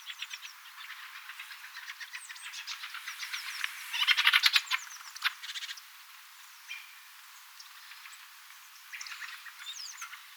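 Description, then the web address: Thrush harsh chattering calls in quick rattling runs, loudest midway, mixed with many thin high call notes from a busy flock of small birds. Three flocks calling together, thrushes, tits and yellowhammers, 3 October 2024. "paivat 3 10 2024 kolme parvea yhdessa rastasparvi tiaisparvi ja keltasirkkuparvi aantelya"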